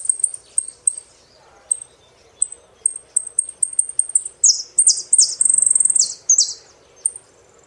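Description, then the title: Saffron finch giving repeated tiny, high ticks that swell into a phrase of loud slurred chirps and a short buzzy trill, ending with a single note. "Jilguero Argentino"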